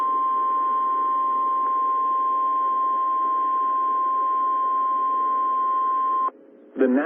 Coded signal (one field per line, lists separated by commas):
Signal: Emergency Alert System (SAME) tones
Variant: 1050 Hz attention tone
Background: speech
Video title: Des Moines Iowa Tornado Warning EAS #18 12 15 21